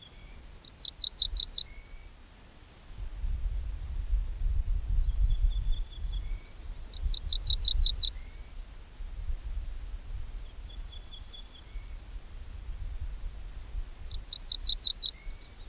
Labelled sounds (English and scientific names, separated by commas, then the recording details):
Ortolan Bunting (Emberiza hortulana)
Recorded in the wild
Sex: male
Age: adult
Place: Schloß Holte-Stukenbrock, Senne, Nordrhein-Westfalen, DE
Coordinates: 51.8656, 8.66194
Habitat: edge of the woods
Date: 1967-04-30
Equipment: Uher 4000 Report-S, Bändchenmikro Beyer M 260, Parabolspiegel Polyester (470 mm)
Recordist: Conrads, Klaus